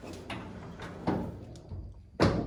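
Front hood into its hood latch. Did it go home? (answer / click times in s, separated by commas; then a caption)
partly / 0.3 s, 1.1 s. The front hood of a classic VW Bug is lowered and shut onto its hood latch, with thuds at 0.3 s and 1.1 s, followed by a louder thud near 2.2 s. The latch only catches at its first stage, and the hood is not fully shut.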